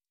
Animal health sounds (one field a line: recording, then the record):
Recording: hydrophone in a shrimp aquaculture tank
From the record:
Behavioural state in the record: stressed